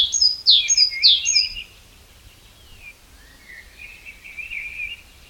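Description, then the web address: Great tit uttering a few rapid high phrases with falling sweeps, followed by a softer, lower chattering trail. "SETE Parus major"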